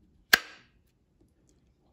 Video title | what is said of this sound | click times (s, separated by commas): BraDeC Holster CZ 75 P01-Exceptional value! | very nice click you | 0.3 s